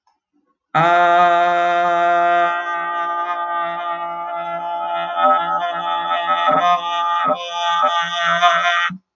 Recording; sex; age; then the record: vowel held as long as possible; female; 50 to 59 years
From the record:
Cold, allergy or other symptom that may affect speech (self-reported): no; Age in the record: 56 years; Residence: South Carolina, United States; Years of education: 13